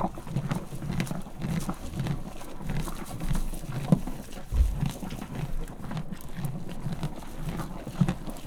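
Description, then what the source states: Horse crunching corn steadily, with one deep hoof thud near the middle. Farmyard; horse eating corn and stamping with its foot.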